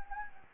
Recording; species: mosquito wingbeat signal from an infrared sensor; Anopheles gambiae